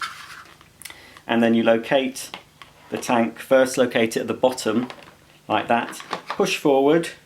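The detachable solution tank of a Vax Dual Power Total Home carpet washer, with its fill cap secured, is lined up at its bottom on the washer body and pushed forward while someone talks. Brief handling knocks and scrapes are heard under the speech. Nothing has seated or clicked yet.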